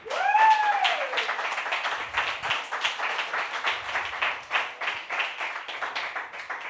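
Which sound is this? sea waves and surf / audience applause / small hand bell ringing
audience applause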